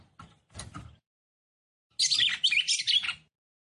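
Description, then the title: Red-cowled cardinal song: a dense, hurried burst of high, squeaky twittering notes, after some soft rustling sounds. Female song, described as fiery and nervous, used to excite and fire up male red-cowled cardinals quickly. "CANTO DA FÊ MEA GALO CAMPINA FOGOSA LEVANTA FOGOESQUENTA GALO CAMPINA MACHO RAPIDINHO FÊ MEA NERVOSA"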